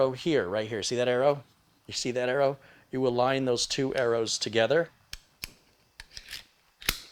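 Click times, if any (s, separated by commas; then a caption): 6.9 s. Someone talks while lining up the two arrows on the cover of a Sabrent tool-free NVMe USB external enclosure holding a Sabrent Rocket Q 2TB NVMe SSD, then closes it. Several short rasping contact sounds follow, ending in a louder final hit at 6.9 s as the cover locks into place and is seated.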